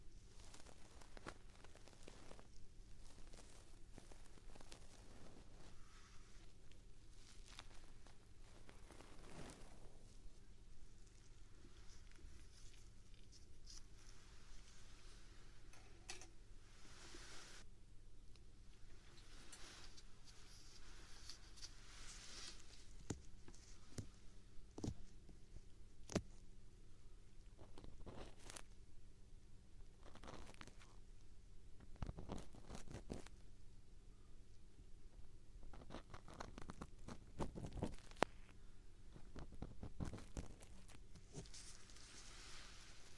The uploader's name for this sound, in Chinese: 纯耳骚—右耳版（鹅毛棒，挖耳勺）